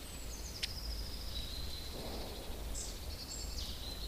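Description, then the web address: Long-tailed tit calls: faint, very high thin notes, some drawn out and level, over constant low background noise. "Madardalok Cd 1 Őszapó"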